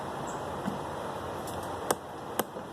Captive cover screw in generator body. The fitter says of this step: hear that snap that means that one's done